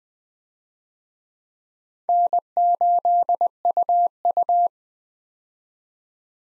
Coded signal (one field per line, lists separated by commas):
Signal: Morse code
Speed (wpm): 21 wpm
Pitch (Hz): 700 Hz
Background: none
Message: N8UU